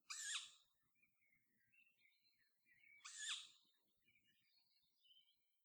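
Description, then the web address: Tawny owl calling with two loud, hoarse, hissing screeches about three seconds apart, with quiet songbird chatter behind. Recorded on 2 July 2014. "fagelljud 20140702 kattuggla"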